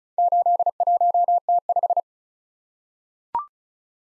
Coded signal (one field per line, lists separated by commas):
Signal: Morse code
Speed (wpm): 36 wpm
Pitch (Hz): 700 Hz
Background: none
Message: 81T5